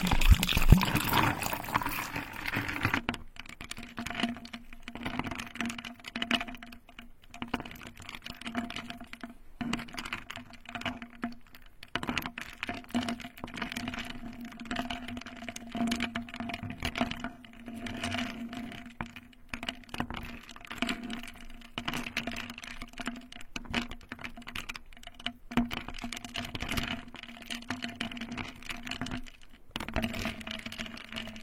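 A loud rush of water fills the first three seconds, then gives way to dense, irregular crackling and ticking of ice that continues to the end, with brief quieter gaps. A steady low hum and a fainter higher tone run underneath throughout.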